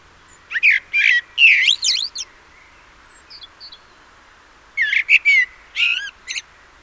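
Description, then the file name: Common blackbird singing two fluty, warbling phrases with sweeping high twitters, joined by a few soft notes during the pause. "Turdus merula"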